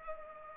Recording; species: mosquito wingbeat signal from an infrared sensor; Culex pipiens